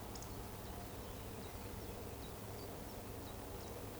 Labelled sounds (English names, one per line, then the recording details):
Eurasian Woodcock whistle
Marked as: whistle, whistle
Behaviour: display flight
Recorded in Baden-Württemberg, Germany, on 24 June 2020 at 19:19 UTC
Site 14569, 102 m above sea level